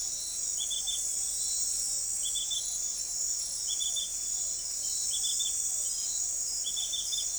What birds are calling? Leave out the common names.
none